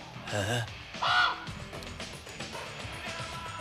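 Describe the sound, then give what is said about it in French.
A big crow gives two loud, harsh caws in quick succession, each rough and harmonic-rich, followed by a steady wash of softer, cluttered background noise. “Il y a un putain de gros corbeau qui vient de rentrer.”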